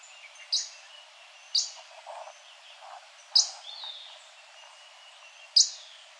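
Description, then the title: Yellow-lored tody-flycatcher calling with short, high, dry chip notes at irregular intervals of one to just over two seconds, over faint background birdsong. "LuckyPassaro Completos2Sama. Yellow-lored Tody-Flycatcher (Todirostrum poliocephalum)"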